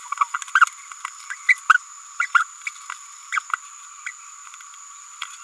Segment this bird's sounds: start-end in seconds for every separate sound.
0.11-0.14, 0.60-0.65, 1.48-1.54, 1.69-1.74, 2.19-2.27, 2.34-2.44, 2.66-2.70, 3.32-3.40